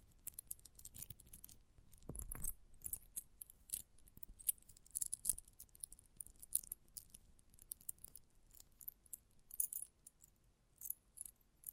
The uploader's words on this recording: ASMR Close Up Metallic Sounds (No Talking).